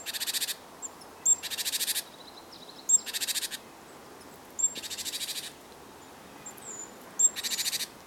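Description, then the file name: Great tit churring: harsh, buzzy rattling bursts under a second long, repeated several times, with faint thin high notes between them. "Parus major"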